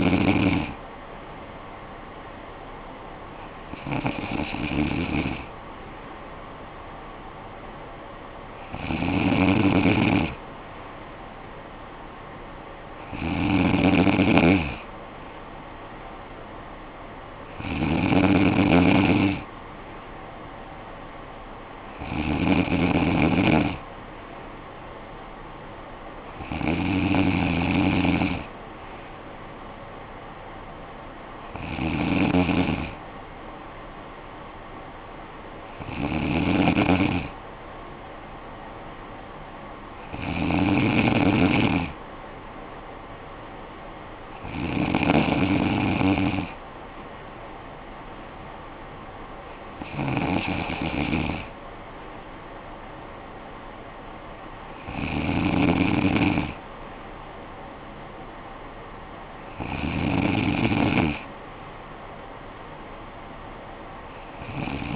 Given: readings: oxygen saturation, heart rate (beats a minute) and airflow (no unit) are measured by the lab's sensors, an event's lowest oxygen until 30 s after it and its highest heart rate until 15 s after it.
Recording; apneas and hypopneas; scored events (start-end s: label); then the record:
breathing in sleep by a voice recorder at the bedside; none
none scored
From the record:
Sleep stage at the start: N3 (deep sleep); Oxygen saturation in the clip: 95%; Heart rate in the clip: 51 to 57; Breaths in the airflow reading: 14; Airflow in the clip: -10.2 to 6.6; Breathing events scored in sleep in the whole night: 445 in 7.6 hours asleep